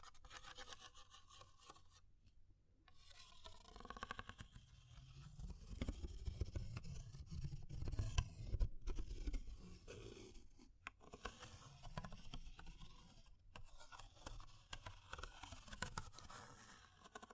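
Fire crackling with dense, irregular snaps and scratchy rustles, a low rumble swelling through the middle, and brief silent gaps near 2, 9 and 13 seconds.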